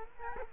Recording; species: mosquito wingbeat signal from an infrared sensor; Culex quinquefasciatus